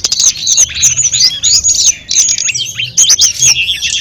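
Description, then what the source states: Sunda robin song: short stretch of crowded whistled notes and quick twittering phrases from several singers, briefly easing around the midpoint. Five birds singing together in a gathering.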